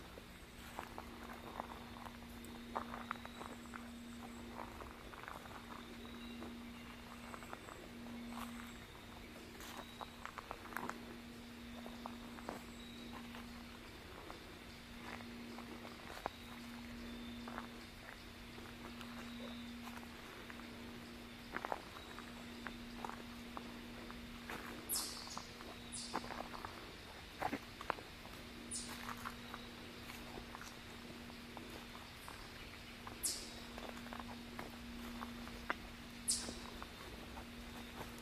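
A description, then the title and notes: An outdoor fall walk with a steady low hum throughout, scattered crunching footstep-like clicks, and a few sharp high chirps after twenty-five seconds. Nature Walkabout in Fall.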